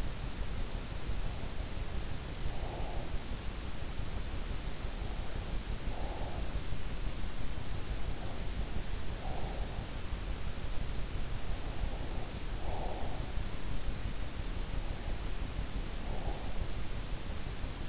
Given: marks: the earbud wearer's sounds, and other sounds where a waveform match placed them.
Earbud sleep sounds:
sounds in sleep by an in-ear microphone; breath
1.34-3.33 s: breath
4.68-6.77 s: breath
7.89-9.95 s: breath
11.79-13.49 s: breath
15.30-17.13 s: breath

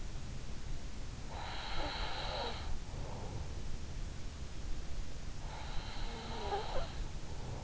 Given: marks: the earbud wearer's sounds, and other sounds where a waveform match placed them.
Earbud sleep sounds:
sounds in sleep by an in-ear microphone; breath
0.50-3.36 s: breath
5.31-7.64 s: breath

